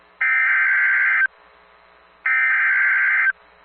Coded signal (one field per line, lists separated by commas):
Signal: Emergency Alert System (SAME) tones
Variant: header bursts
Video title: FROM LEFT TO RIGHT... EAS Alerts from 4/21/21 (EAS #188-#213)